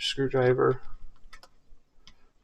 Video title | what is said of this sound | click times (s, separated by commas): SIJUN TTI TR1 AR-15 (TOY!) Gel Ball Blaster - How To Open Up and Upgrade Spring - ZHNEDUO & EMERBU | push it in turn it clicks in place and you're good to go | 2.1 s